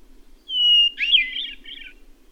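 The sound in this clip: Bird song: a long, clear whistled note, then a rapid tumbling warble of chirps ending in a short twitter, over a soft background hum.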